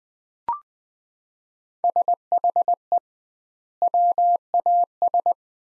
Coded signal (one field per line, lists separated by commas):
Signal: Morse code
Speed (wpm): 20 wpm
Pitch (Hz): 700 Hz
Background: none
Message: SHE WAS